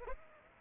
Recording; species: mosquito wingbeat signal from an infrared sensor; Aedes aegypti